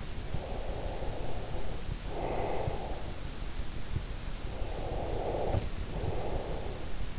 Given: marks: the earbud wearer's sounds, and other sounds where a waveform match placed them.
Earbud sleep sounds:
sounds in sleep by an in-ear microphone; breath
0.04-3.58 s: breath
4.49-7.19 s: breath

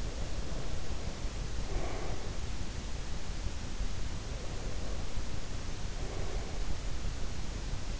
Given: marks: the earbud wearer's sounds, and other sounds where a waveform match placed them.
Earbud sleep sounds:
sounds in sleep by an in-ear microphone; breath
0.00-2.39 s: breath
4.07-6.79 s: breath

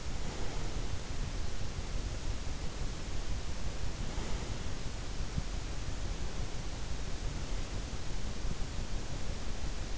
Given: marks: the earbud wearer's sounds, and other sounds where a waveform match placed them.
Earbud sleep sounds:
sounds in sleep by an in-ear microphone; breath
0.00-1.33 s: breath
3.86-4.74 s: breath
7.08-8.80 s: breath

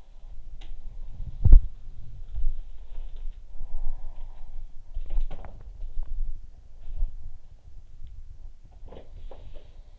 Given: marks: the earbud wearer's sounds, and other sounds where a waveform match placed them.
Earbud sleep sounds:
sounds in sleep by an in-ear microphone; body movement
0.00-7.98 s: body movement
1.03-8.92 s: sound from someone else or the room
9.00-9.99 s: sound from someone else or the room

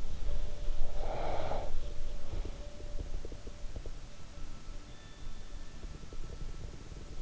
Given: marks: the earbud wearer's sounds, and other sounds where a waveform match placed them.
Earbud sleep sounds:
sounds in sleep by an in-ear microphone; breath
0.00-4.53 s: sound from someone else or the room
0.83-1.87 s: breath

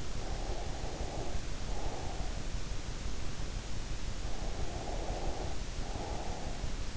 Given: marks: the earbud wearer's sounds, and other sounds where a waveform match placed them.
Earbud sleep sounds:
sounds in sleep by an in-ear microphone; breath
0.26-2.46 s: breath
4.14-6.65 s: breath

